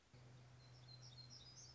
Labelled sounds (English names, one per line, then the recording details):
Black-throated Gray Warbler
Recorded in Sonoma County, California